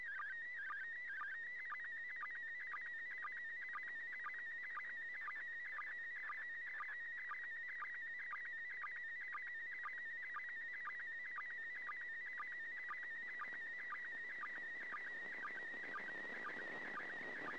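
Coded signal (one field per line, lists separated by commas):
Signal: SSTV (slow-scan television)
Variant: PD120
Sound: warbling tone wandering in pitch with rapid regular sync blips, steady throughout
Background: radio static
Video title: 31st second pass.Slow Scan Television(SSTV)images transmitted from the International Space Station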